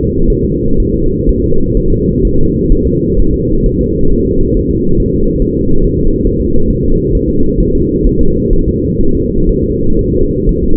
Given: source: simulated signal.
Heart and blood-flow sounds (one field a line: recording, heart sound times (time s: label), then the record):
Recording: fetal heart sounds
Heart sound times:
0.30 s: S1
0.45 s: S2
0.80 s: S1
0.94 s: S2
1.29 s: S1
1.44 s: S2
1.77 s: S1
1.92 s: S2
2.25 s: S1
2.39 s: S2
2.72 s: S1
2.87 s: S2
3.20 s: S1
3.34 s: S2
3.66 s: S1
3.81 s: S2
4.12 s: S1
4.27 s: S2
4.57 s: S1
4.71 s: S2
5.00 s: S1
5.14 s: S2
5.42 s: S1
5.57 s: S2
5.84 s: S1
5.99 s: S2
6.27 s: S1
6.42 s: S2
6.71 s: S1
6.85 s: S2
7.15 s: S1
7.30 s: S2
7.60 s: S1
7.75 s: S2
8.06 s: S1
8.21 s: S2
8.53 s: S1
8.68 s: S2
9.01 s: S1
9.15 s: S2
9.49 s: S1
9.64 s: S2
9.99 s: S1
10.13 s: S2
10.49 s: S1
10.64 s: S2
From the record:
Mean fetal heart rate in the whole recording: 130 bpm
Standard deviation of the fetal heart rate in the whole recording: 4 bpm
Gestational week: 38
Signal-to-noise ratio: -17.7 dB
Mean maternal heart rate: 72 bpm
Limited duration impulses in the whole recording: present